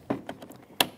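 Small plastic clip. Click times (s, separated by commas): 0.8 s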